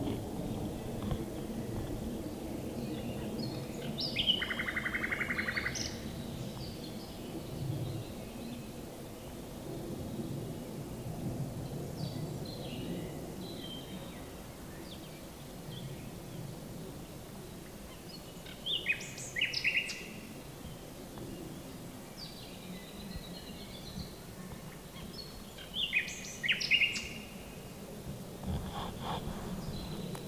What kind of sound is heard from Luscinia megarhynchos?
song